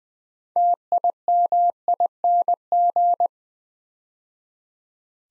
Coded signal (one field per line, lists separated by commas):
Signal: Morse code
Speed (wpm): 20 wpm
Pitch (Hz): 700 Hz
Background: none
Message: TIMING